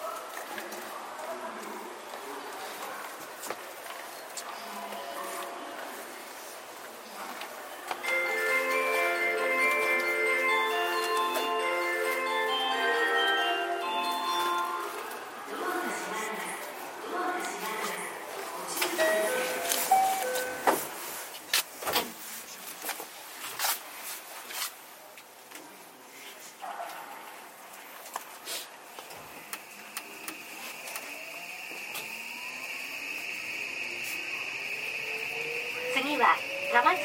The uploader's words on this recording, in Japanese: JR323系 桃谷→桃谷。朝早くに乗車して録音しましたが、そこそこ乗客がおり、少し声が聞こえます。